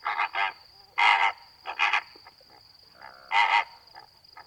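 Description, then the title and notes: Greater flamingo honking: loud, nasal, goose-like calls in several main bursts with quieter grunts between, a steady high tone running underneath. Flock in water up to mid-leg, feeding calmly and calling occasionally; Étang de Vaccarès, Camargue, 4 September 2020, 23:10, windless night; recorded with a B&K omni microphone on a Nagra recorder. "Etang de Vaccares - Camargue. Flamant rose ( Phoenicopterus ruber )"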